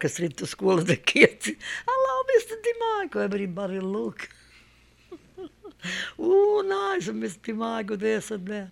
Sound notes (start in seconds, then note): 1.5 she laughs; 5.0 she laughs